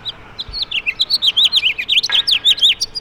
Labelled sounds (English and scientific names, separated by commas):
House Finch (Haemorhous mexicanus) song